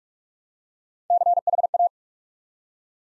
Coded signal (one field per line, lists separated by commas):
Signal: Morse code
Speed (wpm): 44 wpm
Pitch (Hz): 700 Hz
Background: none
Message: CHA